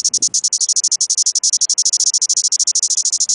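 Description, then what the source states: New Zealand cicada giving a harsh, high buzzing call made of rapid pulses, steady and unbroken throughout. Held in the hand.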